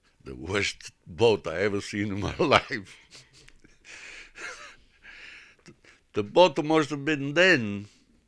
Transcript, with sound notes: The worst boat I ever seen in my life. (he laughs) The boat, it must have been then